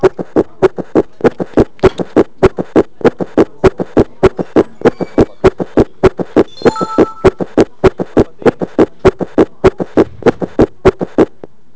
Summation Gallop (S3 and S4 Gallop).